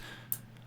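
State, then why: Seated. A network cable for the show control connection is plugged into a network port on a DJ setup and seats with a sharp, short snap at 0.3 seconds. A faint tick follows at about 0.6 seconds over a steady low hum.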